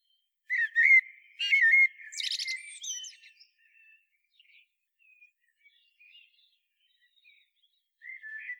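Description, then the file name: Common blackbird giving one fluted, warbling phrase with a scratchy high flourish, followed by faint soft notes and a brief whistle at the end. "Turdus merula"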